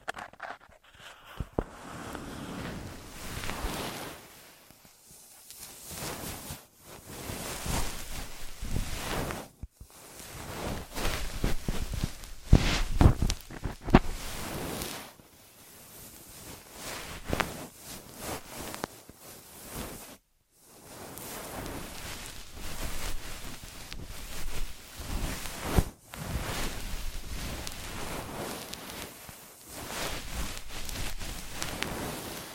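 An ear massage and cleaning: dense, close rustling and scratching strokes fill the clip, broken by short silent pauses every few seconds.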